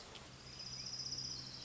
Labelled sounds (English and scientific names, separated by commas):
Orange-crowned Warbler (Leiothlypis celata)